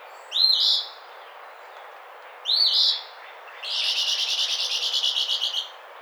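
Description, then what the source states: Eastern phoebe singing two short, burry, raspy phrases about two seconds apart, then a long, rapid, buzzy pulsed trill lasting about two seconds. Recorded on 28 April 2009.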